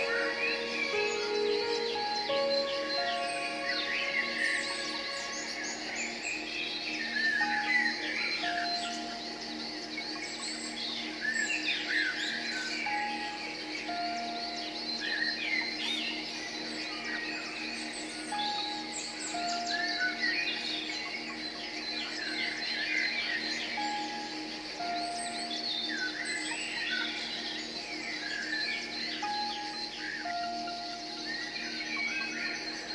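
Many birds chirp and trill in a dense, busy chorus throughout, while long, steady ringing bell tones hold underneath at a constant level.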